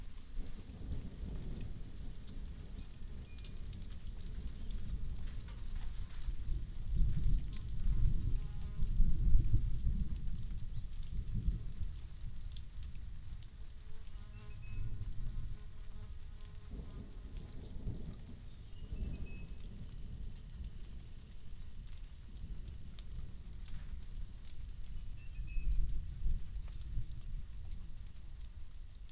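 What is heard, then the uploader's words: Steady rain patters and hisses throughout, with a deep, rumbling low end that swells around seven to ten seconds and again near fifteen and twenty-five, like rolling thunder. A few thin bird calls chirp faintly above the rain now and then. Summer Storm with Rain, Thunder and Birds. This episode was recorded in Wyangala, NSW. We're setup at a covered picnic table and the rain has just set in. Hear the rain pouring down, and then as it eases, the birds come out while thunder rolls on in the distance.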